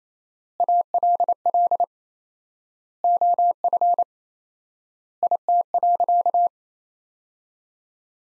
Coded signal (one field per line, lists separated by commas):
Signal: Morse code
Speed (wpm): 28 wpm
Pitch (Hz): 700 Hz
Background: none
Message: ALL OF IT.